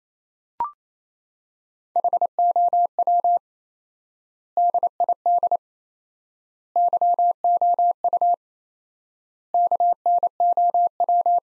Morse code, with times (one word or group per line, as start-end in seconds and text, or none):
2.0-3.4 HOW
4.6-5.6 DID
6.8-8.3 YOU
9.5-11.4 KNOW